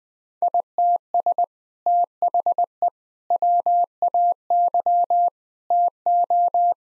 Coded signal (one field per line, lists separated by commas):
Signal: Morse code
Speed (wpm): 21 wpm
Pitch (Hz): 700 Hz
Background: none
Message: ITS THE WAY TO